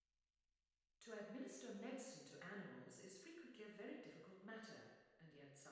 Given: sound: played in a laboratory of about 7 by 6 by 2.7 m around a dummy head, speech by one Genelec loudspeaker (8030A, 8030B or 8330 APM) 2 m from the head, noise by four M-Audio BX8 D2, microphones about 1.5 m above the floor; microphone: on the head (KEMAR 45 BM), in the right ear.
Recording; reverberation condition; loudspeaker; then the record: female speech in English; high; 150 degrees to the right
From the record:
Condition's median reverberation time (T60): about 1300 ms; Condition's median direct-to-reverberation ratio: about -4.0 dB